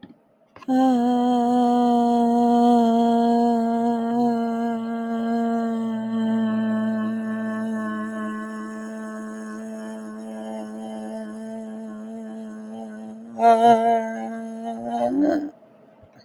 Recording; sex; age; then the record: vowel held as long as possible; female; 20 to 29 years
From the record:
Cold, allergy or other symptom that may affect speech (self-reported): no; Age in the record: 25 years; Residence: Washington, United States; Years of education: 17